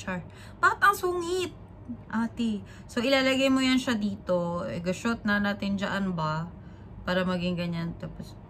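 An accessory piece is being handled and placed onto a DJI Osmo Pocket 3 pocket gimbal camera from the Creator Combo while a woman talks throughout. Nothing has seated or clicked yet; the piece is not yet home.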